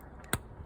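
A mesh oil screen filter is slipped into its port in a KTM SMC R 690 motorcycle engine casing and pushed until it pops in. A single sharp click is heard at 0.3 s against quiet background noise, and the filter is seated.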